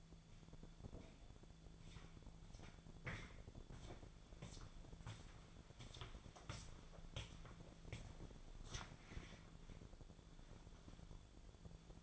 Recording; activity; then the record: daily activity, microphone in the room; walk to room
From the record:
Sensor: 5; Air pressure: 1000.0 hPa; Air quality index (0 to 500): 87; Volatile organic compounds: 1 ppm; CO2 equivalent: 716 ppm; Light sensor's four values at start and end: 313/778/325/363 and 306/749/318/357